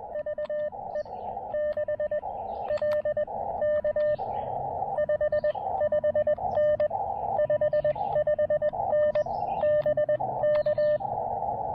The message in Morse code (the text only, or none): VE6LK 55N 55N BK